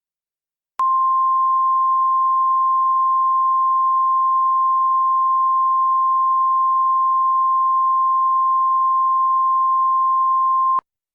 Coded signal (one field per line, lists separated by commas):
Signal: Emergency Alert System (SAME) tones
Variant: 1050 Hz attention tone